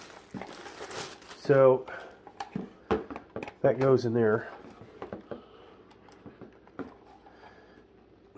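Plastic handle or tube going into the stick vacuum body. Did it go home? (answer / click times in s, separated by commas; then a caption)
no / none. Someone talks while pushing a plastic part, the handle or tube, into the body of a new Ion stick vacuum, bought for $20 from Walmart on Black Friday 2022, during assembly. Short plastic taps and knocks are heard between the words. The part does not click in, and nothing has seated or clicked yet.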